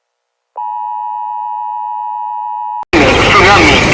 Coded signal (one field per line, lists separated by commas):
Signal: Emergency Alert System (SAME) tones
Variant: 853 and 960 Hz attention tone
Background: speech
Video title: Rating eas alarms part 3